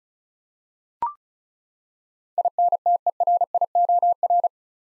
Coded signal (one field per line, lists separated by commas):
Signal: Morse code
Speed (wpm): 36 wpm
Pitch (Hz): 700 Hz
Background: none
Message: INTERIOR